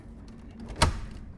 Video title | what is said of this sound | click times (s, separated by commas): How to Install an AUX Cable in Porsche Boxster | awesome so you'll hear a really positive click you don't have to really worry about | 0.8 s